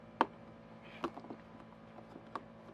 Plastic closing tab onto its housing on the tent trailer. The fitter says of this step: that's it and then you can just close this tab down until it snaps